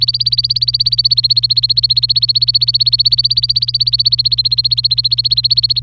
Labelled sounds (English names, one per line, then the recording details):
Domestic Canary song
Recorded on 25 April 2018 at 15:53
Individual llb3